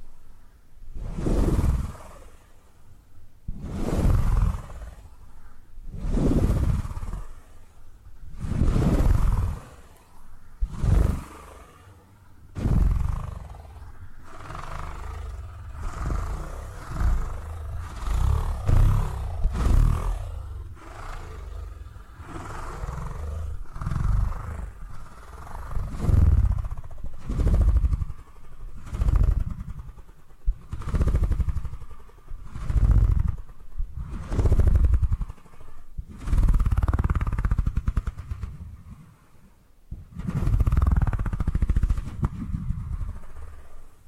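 Purring triggers made of repeated low, rumbling swells, each rising and fading over about a second or two, with brief quiet gaps between them. The rhythm is fairly regular, with roughly twenty pulses across the span, and a faint steady tone sits beneath.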